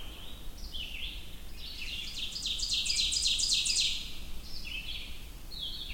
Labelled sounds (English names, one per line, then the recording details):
Ovenbird song
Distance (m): 20 m
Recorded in boreal forest in Alberta, Canada, on 22 June 2016 at 05:30
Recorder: SongMeter 3, array SBT-6-76
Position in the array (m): 17 m, 104 m
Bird 2